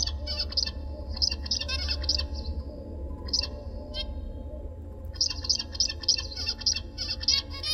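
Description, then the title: Oriental magpie-robin song in repeated series of sharp, high ringing notes, broken by short pauses and scratchy phrases, with a constant low rumble underneath. "Kicau Kacer"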